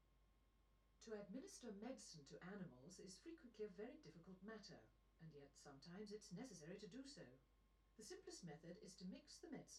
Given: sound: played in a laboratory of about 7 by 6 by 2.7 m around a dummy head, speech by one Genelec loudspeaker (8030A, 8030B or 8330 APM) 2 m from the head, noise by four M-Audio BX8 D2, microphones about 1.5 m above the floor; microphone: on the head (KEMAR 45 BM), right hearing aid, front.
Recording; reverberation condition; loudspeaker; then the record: female speech in English; low; 150 degrees to the left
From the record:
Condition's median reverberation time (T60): about 310 ms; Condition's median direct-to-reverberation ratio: about 3.5 dB